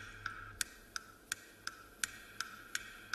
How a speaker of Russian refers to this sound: На стене в избе висят часы, качающиеся в разные стороны маятником.